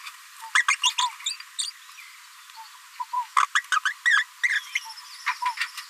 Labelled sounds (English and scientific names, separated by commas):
Green-rumped Parrotlet (Forpus passerinus) babbling